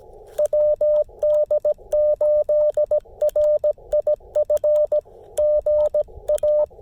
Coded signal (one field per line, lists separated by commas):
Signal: Morse code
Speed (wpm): 17 wpm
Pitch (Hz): 590 Hz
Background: radio noise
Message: WD8RIF GA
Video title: Testing the new Chameleon Tactical Delta Loop (CHA TDL) antenna on a POTA activation